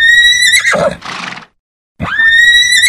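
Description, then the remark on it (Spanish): Four horses, bound by cinches to a man's hands and feet in the Plaza del Cusco, run toward the square's four corners pulling; they whinny loudly in two shrill, quavering calls, the first trailing off into a breathy snort before a short silence, then a second high neigh rises and holds. “Los caballos corren hacia las cuatro esquinas de la plaza y tiran, pero no rompen el cuerpo del indio.”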